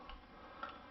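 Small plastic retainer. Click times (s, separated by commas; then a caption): 0.6 s. A half-moon retainer is worked off the cord reel drum of a washing vacuum cleaner with a screwdriver during a cord reel spring repair. A faint tick at about 0.1 s comes before a sharper, brief click at 0.6 s as the retainer releases and comes off.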